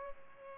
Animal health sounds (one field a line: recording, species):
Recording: mosquito wingbeat signal from an infrared sensor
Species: Culex pipiens